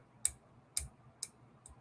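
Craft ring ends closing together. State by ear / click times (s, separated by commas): seated / 0.2 s, 0.8 s, 1.2 s, 1.7 s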